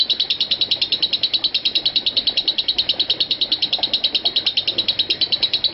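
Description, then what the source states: Lovebird calling in a long, even run of high, sharp chirps, very regular, over a quiet hiss. Lovebird "konslet" (short-circuit) style calling.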